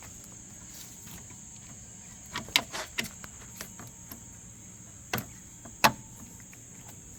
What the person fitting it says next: So yeah, clicks right in.